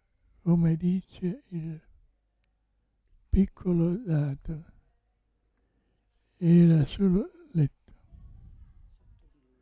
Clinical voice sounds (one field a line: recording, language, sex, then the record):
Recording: read passage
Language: Italian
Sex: male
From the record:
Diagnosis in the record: Parkinson's disease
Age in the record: 65 years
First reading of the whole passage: 164 s, 3.2 characters per second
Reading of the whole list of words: 151 s, 1.9 characters per second